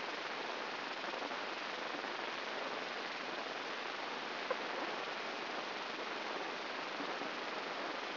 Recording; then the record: brain microelectrode recording played as sound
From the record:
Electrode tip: inside the subthalamic nucleus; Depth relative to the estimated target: -1 mm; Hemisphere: right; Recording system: AlphaMap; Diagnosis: Parkinson's disease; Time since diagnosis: 12 years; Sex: female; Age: 47 years